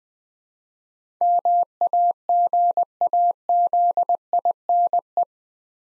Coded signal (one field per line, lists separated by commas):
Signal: Morse code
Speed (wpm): 20 wpm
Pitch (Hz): 700 Hz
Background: none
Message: MAGAZINE